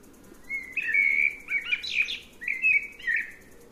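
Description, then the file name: Eurasian blackbird delivering a liquid, fluty phrase that breaks into a brief scratchy twitter, then resumes with softer whistles, over low steady noise. "Turdus merula"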